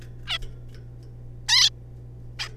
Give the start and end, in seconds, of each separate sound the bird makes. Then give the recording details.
0.27-0.38, 1.48-1.70, 2.39-2.48. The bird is a juvenile. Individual R3549